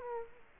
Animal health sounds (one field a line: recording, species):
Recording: mosquito wingbeat signal from an infrared sensor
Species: Culex quinquefasciatus